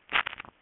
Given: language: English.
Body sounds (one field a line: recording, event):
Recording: throat vibration sensor signal played as sound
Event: swallow